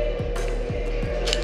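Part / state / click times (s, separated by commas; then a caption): push-in opener into drink bottle neck / released / 1.3 s. A push-in opener is pressed down into the top of a drink bottle's neck to break its seal, over a steady background hum with a few low sliding tones. A short, sharp pop at 1.3 s shows the seal has broken and the bottle is open.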